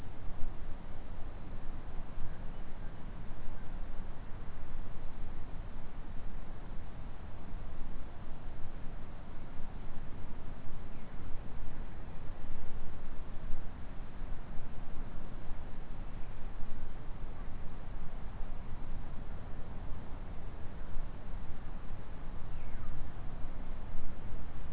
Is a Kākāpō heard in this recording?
no